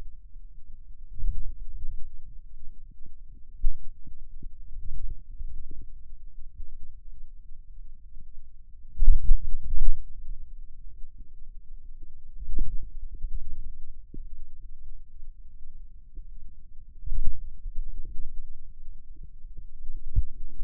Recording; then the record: forearm muscle sounds (acoustic myography)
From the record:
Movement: wrist flexion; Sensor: system 2, bracelet of six BSWA MPA416 microphones around the upper forearm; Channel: 5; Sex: male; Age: 22 years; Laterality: right